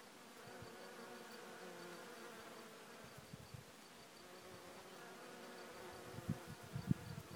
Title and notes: A bunch of Bees recorded in Bergerac in the South of France.